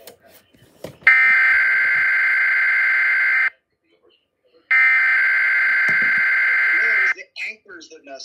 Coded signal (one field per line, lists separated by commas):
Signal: Emergency Alert System (SAME) tones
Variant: header bursts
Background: speech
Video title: EAS #362 - DC Monthly Test (WETA)